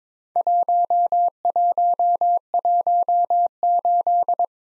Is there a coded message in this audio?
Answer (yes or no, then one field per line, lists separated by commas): yes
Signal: Morse code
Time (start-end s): 0.4-4.5 s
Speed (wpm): 22 wpm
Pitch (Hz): 700 Hz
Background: none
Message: 1118